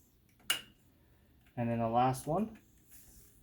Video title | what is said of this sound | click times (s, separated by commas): How To Install a Graphics Card GPU Nvidia 2080 TI RTX | one's clicked into place click this one in place and then | 0.5 s